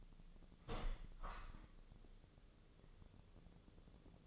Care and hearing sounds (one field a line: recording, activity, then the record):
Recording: daily activity, microphone in the room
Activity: open window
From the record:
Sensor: 4